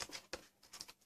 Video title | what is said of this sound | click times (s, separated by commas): Replacing an HP Pavillion Laptop Keyboard 15-f233wm. EASY | can hear them pop as you go | 0.3 s